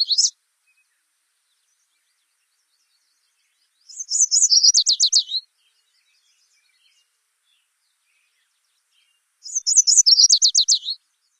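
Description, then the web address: Yellow warbler song: two bright, high, rapid phrases of sweet repeated notes ending in a quick downward flourish, a few seconds apart, with a brief fragment at the start. "Songs of Birds of North America Stokes. Yellow Warbler"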